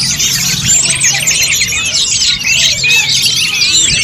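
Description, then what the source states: Bird chorus: many birds chirping and twittering at once, a busy tangle of high rapid notes with an occasional clear whistle cutting through. Birdsong compiled for 'memaster', training beloved pet birds to learn songs.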